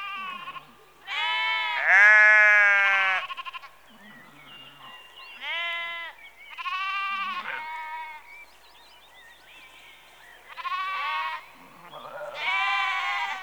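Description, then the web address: Sheep bleating, several wavering bleats from more than one animal, some loud and long, with quieter bleats between. Rural exterior atmosphere, sheep in early evening, recorded close. "BBC Sound Effects Library - Exterior Atmospheres-Rural Backg Sheep Early Evening- Close"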